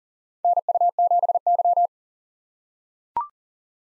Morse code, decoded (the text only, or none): NU7Y